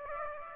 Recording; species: mosquito wingbeat signal from an infrared sensor; Aedes aegypti